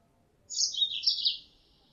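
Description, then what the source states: Mozambique canary call, one bright high twitter lasting about a second, gently falling in pitch, background otherwise quiet. Female Mozambique canary; lure sound used to attract birds.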